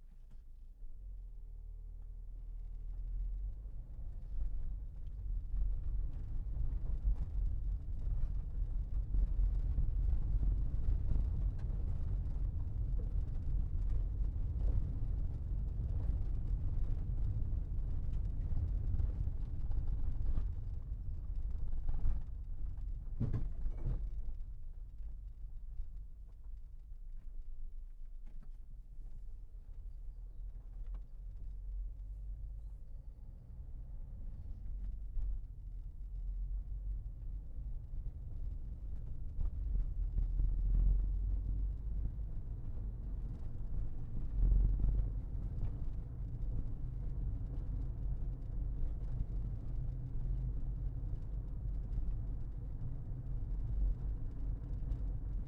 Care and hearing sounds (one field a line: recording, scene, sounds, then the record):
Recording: everyday scene through a hearing-aid microphone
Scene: in a vehicle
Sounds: engine, rumble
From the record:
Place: Berlingo II, diesel engine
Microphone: behind the ear, left, rear